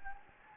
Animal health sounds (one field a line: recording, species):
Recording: mosquito wingbeat signal from an infrared sensor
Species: Anopheles gambiae